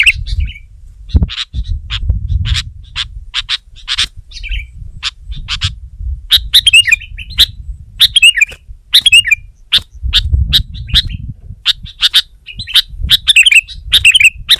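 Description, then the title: Sooty-headed bulbul chirping: sharp, clicky notes in quick irregular runs, with short warbled phrases later on, over a low rumbling background. "kutilang"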